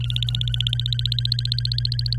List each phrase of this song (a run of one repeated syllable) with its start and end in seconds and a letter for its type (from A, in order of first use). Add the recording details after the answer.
0.01-2.17 A. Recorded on 26 April 2018 at 10:23. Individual llb3